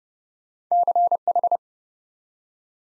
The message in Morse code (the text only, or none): CH